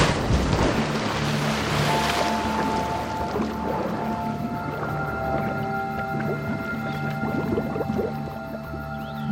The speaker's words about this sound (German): Parkers Wagen rollte langsam den Waldweg hinab. Parker sah, wie das Auto über die Eisenbahnschienen holperte und dann hinter der Uferböschung in den Fluss glitt.